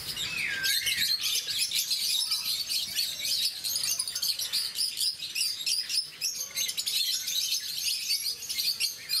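Rosy-faced lovebird chattering in high, harsh chirps; near the start a short whistle dips and rises above the constant twitter.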